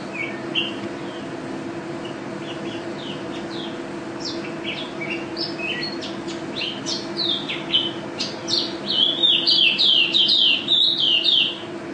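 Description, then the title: White-eye song of varied high chirps and slurred whistles, starting soft and growing louder and denser toward the end over a steady low hum. Indonesian contest bird, national champion, singing constantly (gacor); song styles 'teler' and 'ropel' with canary-imitation fills (isian kenari); 2015 video. "Pleci Juara 1 Nasional pleci Gacor juara nasional teler gacor ropel pleci isian kenari Video 2015"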